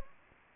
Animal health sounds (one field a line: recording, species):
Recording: mosquito wingbeat signal from an infrared sensor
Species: Anopheles gambiae